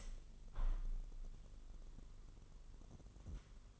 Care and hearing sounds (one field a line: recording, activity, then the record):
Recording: daily activity, microphone in the room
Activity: open window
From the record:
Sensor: 4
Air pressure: 999.5 hPa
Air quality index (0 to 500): 138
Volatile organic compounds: 3 ppm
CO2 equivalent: 1361 ppm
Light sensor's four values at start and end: 21/50/21/23 and 21/50/21/23